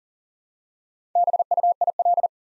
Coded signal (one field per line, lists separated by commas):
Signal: Morse code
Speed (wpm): 42 wpm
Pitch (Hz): 700 Hz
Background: none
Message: BUIL